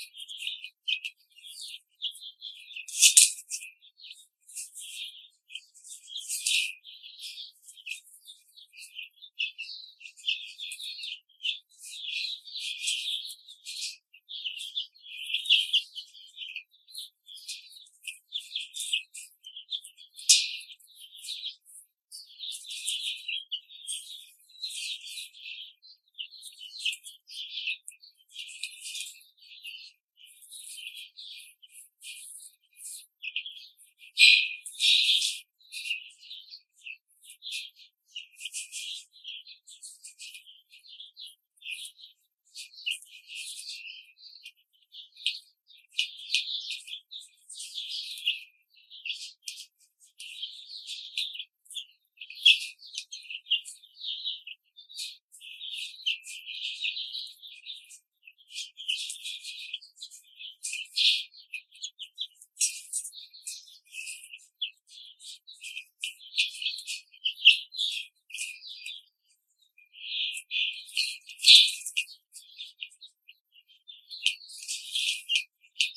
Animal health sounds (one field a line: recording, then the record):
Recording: young laying hens in a cage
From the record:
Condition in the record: control cage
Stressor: none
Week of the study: 5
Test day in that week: 1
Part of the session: 1